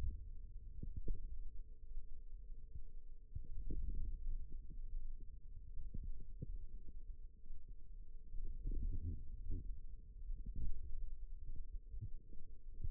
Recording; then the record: forearm muscle sounds (acoustic myography)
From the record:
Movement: ulnar deviation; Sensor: system 2, bracelet of six BSWA MPA416 microphones around the upper forearm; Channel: 4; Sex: female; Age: 22 years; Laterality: right